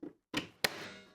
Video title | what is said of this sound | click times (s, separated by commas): 7 PRO Tips I Wish I Knew Sooner! | with a little click. | 0.7 s